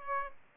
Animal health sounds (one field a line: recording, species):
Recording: mosquito wingbeat signal from an infrared sensor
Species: Aedes albopictus